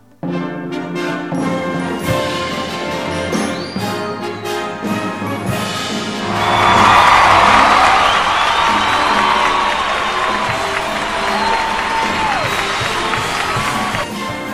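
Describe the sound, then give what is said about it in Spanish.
Loud applause and cheering from the audience of the Bender Vivo show on Bender FM, building into a dense wash of clapping and whoops after a few seconds and holding steady, with scattered shouts rising above the crowd. “Muy bien, un poco fuerte el aplauso, pero aquí estamos, damas y caballeros.”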